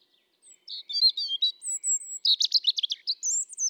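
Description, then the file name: European robin song phrase: a soft opening, sliding high whistles, then a burst of fast tinkling trills and thin high whistles. "Erithacus rubecula"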